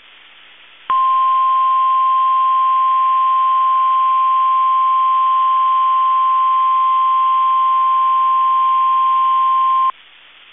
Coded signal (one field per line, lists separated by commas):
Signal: Emergency Alert System (SAME) tones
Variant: 1050 Hz attention tone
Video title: 3RD TIMES A CHARM EAS Required Weekly Test KEC65 12/2/20 (EAS #276-278)